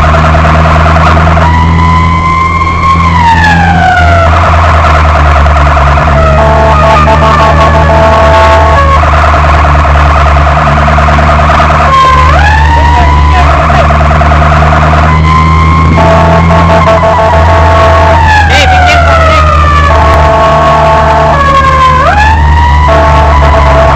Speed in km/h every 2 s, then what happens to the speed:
59, 61, 61, 57, 55, 53, 52, 54, 60, 58, 55, 54.
0-5 steady at about 61. 5-9 slows to 53. 17-24 slows to 54.